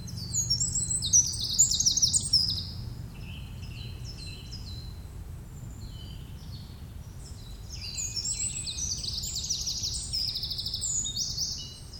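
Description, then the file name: Eurasian wren song in two bursts, fast high trills and twittering notes at the start and again near the end, with a quieter gap between. "Troglodytes troglodytes"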